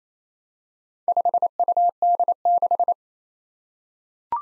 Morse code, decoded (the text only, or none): 5UD6